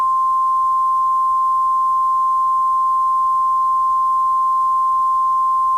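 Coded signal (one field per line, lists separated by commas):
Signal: Emergency Alert System (SAME) tones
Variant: 1050 Hz attention tone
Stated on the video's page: Fictional EAS scenario.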